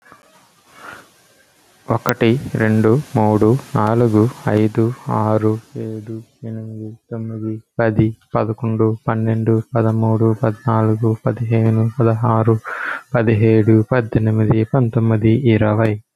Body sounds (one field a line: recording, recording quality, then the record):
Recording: counting at a normal pace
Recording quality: excellent, no background noise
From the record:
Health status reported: healthy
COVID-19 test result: not tested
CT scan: not taken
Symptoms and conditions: none ticked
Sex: male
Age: 24 years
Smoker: no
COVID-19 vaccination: one dose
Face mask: not worn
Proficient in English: yes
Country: India